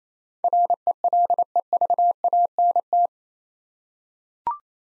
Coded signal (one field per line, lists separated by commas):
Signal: Morse code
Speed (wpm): 28 wpm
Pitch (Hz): 700 Hz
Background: none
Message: RELEVANT